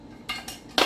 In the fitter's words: all-american 925 boom locks into place like that